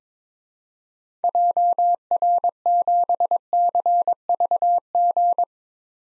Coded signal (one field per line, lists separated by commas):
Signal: Morse code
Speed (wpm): 22 wpm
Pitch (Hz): 700 Hz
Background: none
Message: JR7CVG